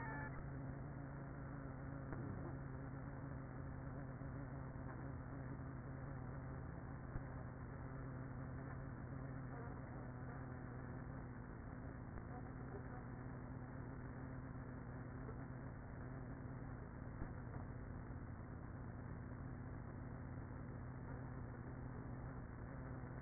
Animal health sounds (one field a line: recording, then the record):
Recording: honeybee colony, microphone inside the hive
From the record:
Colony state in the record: queenless with a low population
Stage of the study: after two queens were removed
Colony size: about 30,000 bees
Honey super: no